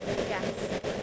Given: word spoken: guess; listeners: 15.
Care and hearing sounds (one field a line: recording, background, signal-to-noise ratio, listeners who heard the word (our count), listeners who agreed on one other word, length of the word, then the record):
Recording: one English word in noise, from a listening test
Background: noise modulated by three-talker babble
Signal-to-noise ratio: -7.7 dB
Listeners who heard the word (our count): 3 of 15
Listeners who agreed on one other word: 6 of 15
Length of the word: 0.63 s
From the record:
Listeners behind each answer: 6, 3, 3, 1, 1, 1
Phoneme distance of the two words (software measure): 7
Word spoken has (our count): 1 syllable, 3 phonemes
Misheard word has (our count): 1 syllable, 4 phonemes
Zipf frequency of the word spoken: 5.16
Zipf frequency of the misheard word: 4.58